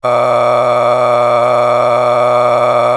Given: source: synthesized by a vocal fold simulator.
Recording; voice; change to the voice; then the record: sustained vowel; male; a random mix of aspiration noise, stiffness perturbation and strain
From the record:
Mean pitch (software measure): 122 Hz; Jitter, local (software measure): 2.99%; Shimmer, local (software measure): 11.0%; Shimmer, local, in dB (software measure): 0.99 dB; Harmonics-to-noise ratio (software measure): 8.6 dB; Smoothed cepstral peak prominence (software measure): 12.6 dB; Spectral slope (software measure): -15.1 dB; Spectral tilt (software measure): -10.2 dB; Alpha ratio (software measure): -5.6 dB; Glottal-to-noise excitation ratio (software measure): 0.909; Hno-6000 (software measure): 2.0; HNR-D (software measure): 22.4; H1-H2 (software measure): 2.5 dB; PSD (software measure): 2.3e-04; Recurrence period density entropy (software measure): 0.122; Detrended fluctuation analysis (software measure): 0.0364